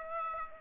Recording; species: mosquito wingbeat signal from an infrared sensor; Aedes aegypti